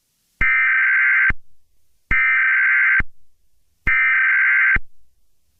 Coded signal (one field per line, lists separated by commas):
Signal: Emergency Alert System (SAME) tones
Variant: header bursts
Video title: An EAS SCENARIO: Girlfriend Attack 2 (Leak)